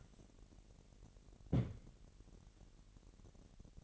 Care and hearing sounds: daily activity, microphone in the room; place on stove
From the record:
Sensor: 4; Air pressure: 1012.9 hPa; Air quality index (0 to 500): 238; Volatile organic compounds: 4 ppm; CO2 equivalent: 1585 ppm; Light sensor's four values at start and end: 30/72/29/29 and 30/72/30/29

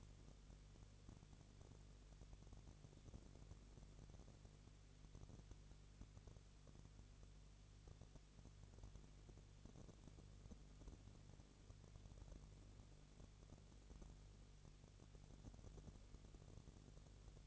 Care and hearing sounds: daily activity, microphone in the room; no activity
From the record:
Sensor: 4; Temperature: 22.3 degrees Celsius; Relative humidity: 32.8%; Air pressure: 1002.0 hPa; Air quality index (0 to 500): 185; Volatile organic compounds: 4 ppm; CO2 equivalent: 1635 ppm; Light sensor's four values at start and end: 2/3/1/1 and 2/3/1/1

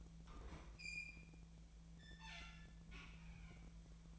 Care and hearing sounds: daily activity, microphone in the room; open fridge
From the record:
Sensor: 1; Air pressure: 1009.7 hPa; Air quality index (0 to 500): 191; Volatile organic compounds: 18 ppm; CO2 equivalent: 2619 ppm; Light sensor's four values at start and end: 32/81/34/41 and 32/82/34/41

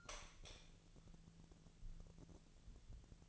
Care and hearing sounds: daily activity, microphone in the room; light on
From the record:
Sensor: 4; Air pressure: 1000.9 hPa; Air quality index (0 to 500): 124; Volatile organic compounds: 1 ppm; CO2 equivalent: 930 ppm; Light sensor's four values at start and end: 31/75/31/33 and 33/85/35/38

